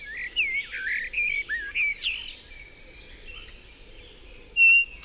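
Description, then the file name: Common starling song: warbled whistles and buzzy slurs for two seconds, then quieter phrases and a single thin whistle. "Szpak"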